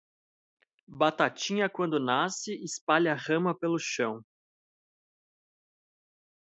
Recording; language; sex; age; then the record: short text; Brazilian Portuguese; male; 30 to 39 years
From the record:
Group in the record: control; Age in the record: 32 years